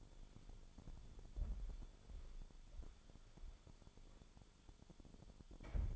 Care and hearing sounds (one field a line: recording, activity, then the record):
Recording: daily activity, microphone in the room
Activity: walk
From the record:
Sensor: 5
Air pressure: 1015.4 hPa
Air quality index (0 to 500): 174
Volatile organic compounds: 6 ppm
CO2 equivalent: 1885 ppm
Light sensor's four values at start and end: 38/87/35/35 and 38/87/35/35